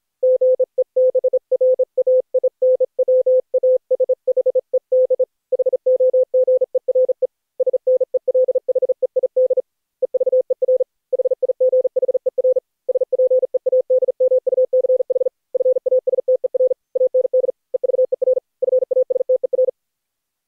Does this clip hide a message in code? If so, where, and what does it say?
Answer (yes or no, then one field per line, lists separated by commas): yes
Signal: Morse code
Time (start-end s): 0.2-19.7 s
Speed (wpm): 38 wpm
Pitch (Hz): 510 Hz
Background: none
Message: GEBRAINWASHED HOGERE SNELHEID EVER HIGHER SPEAD MUCH FASTER AND EVER FASTER